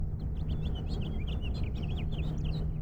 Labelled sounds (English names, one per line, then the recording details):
House Finch song
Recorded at Oceanside on Long Island, New York, on 17 June 1975
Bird F